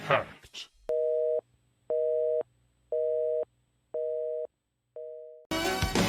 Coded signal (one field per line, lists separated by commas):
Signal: telephone call progress tone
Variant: North America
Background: speech, music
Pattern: busy tone